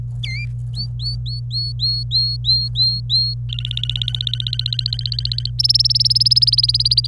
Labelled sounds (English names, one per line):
Domestic Canary song